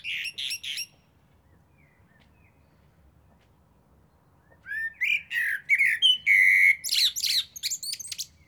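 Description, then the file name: Common blackbird song: the end of one twittering phrase, a pause of several seconds, then a full phrase of clear whistled notes giving way to high squeaks. "Turdus merula"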